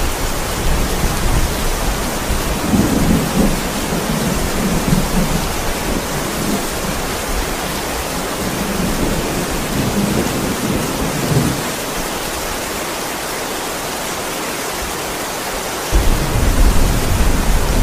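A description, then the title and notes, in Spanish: A heavy rainstorm at night, with a dense, steady hiss of rain filling the whole recording. Low rumbling thunder rolls beneath it through the first half, easing off after about twelve seconds, then a deep boom returns near sixteen seconds. Sonido De Tormentas Fuertes Con Lluvia Pesado.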